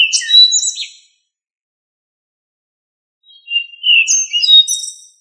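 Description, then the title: Thrush song with two rich whistled and trilled phrases split by a two-second pause. "Familia Turdidae - Sabia"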